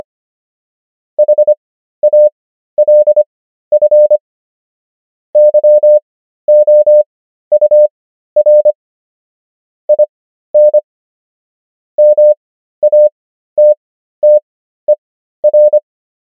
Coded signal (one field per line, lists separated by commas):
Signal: Morse code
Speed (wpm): 25 wpm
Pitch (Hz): 600 Hz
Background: none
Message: HALF YOUR IN MATTER